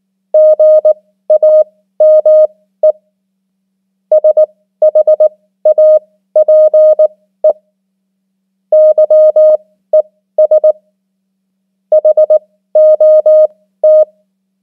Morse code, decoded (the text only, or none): GAME SHAPE YES HOT